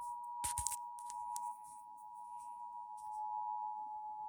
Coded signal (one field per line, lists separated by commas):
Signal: Emergency Alert System (SAME) tones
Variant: 853 and 960 Hz attention tone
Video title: Severe Thunderstorm Warning EAS#152